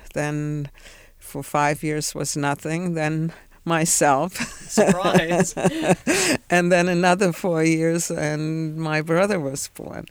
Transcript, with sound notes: Then for five years was nothing, then myself. (she laughs)
Surprise.
And then another four years and my brother was born.